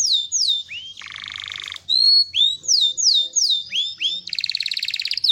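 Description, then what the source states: Belgian canary song: high whistled notes sliding downward in quick succession, broken by a dense buzzy roll and ending in a fast rattling trill. Copper-coloured Belgian canary.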